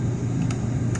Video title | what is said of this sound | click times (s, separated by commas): Naka gamit kana ba nito ?? kung hindi pa watch this!! | kung sa mag-click siya nag-pit. So okay na po 'yan. | 0.5 s, 0.9 s